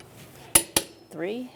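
A torque wrench tightens the third wheel lug nut on a 2007-2012 Nissan Altima to 83 ft-lb during a front brake hose replacement. It gives two sharp metallic clicks at 0.6 s and 0.8 s, showing it has reached its setting, and then someone talks.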